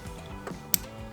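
After several attempts, a quick-release fuel line fitting is pushed onto the fuel rail nipple on an LS intake in an LS-swapped Miata. A softer knock comes at 0.5 s, then a sharp, loud click at 0.7 s over a faint steady tonal background. The fitting has seated.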